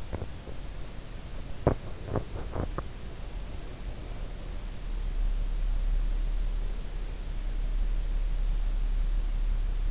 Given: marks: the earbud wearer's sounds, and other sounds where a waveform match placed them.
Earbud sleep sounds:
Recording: sounds in sleep by an in-ear microphone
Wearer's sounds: teeth grinding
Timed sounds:
0.00-0.77 s: teeth grinding
1.55-2.87 s: teeth grinding

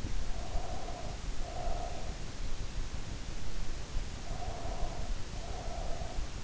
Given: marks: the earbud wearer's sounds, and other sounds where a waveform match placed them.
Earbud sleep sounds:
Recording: sounds in sleep by an in-ear microphone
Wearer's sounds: breath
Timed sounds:
0.00-2.30 s: breath
4.06-6.37 s: breath

